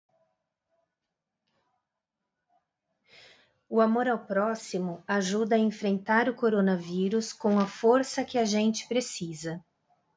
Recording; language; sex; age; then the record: spoken sentence; Brazilian Portuguese; female; 40 to 49 years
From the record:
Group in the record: control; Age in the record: 44 years